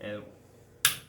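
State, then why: Torque reached. A torque wrench set to 90 lb-ft tightens a lug nut on a car wheel. Someone talks at the start, then a single sharp click sounds at 0.9 s. The click means the lug nuts are tightened correctly.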